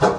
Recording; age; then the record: pig call; growing-finishing pig (85 days or more)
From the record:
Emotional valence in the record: positive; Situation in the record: run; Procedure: transit